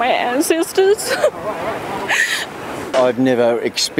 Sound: cries